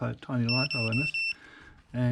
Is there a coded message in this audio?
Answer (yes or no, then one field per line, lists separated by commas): no